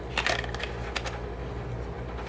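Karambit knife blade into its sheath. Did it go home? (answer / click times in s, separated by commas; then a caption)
no / none. A fixed-blade karambit is pushed into its sheath, which has some wiggle, producing a cluster of short scraping clacks between about 0.2 and 1.0 s over a steady low hum. The knife never gives a positive retention click, so it has not seated, and it later falls back out of the sheath.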